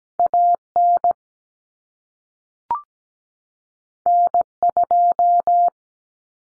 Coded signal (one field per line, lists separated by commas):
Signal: Morse code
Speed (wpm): 17 wpm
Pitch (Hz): 700 Hz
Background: none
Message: AN N2